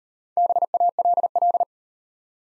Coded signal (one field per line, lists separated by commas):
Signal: Morse code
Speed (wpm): 38 wpm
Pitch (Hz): 700 Hz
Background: none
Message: BALL